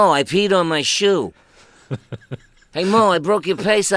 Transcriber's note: soundbite of laughter